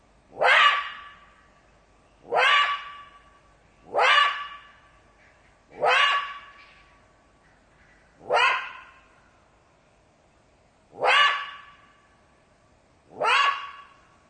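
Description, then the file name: Jackal calls in a fast series, seven sharp rising yelps with short whining tails, coming roughly every two seconds. "zvuki shakala"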